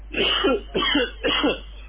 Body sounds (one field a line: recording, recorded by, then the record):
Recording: voluntary cough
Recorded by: telephone call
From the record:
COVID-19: positive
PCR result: checked with the laboratory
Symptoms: no